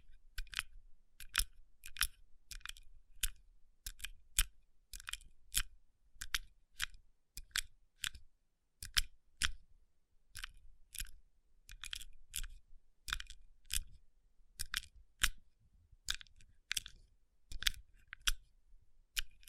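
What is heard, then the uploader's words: Fingertips tap and rub against rhinestone-covered palms, making sharp, crisp clicks that land in quick runs and pairs, roughly two or three per second. Each click is bright and brief, with soft scratchy rubbing between them and a faint low rumble underneath throughout. Tapping & Rubbing Rhinestone Covered Palms.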